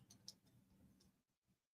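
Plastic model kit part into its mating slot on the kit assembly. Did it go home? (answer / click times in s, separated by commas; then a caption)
yes / 0.1 s, 0.3 s. A plastic model kit part is fitted into its mating slot on the kit assembly, with two short, sharp ticks at 0.1 s and 0.3 s. The part snaps into place and is confirmed seated.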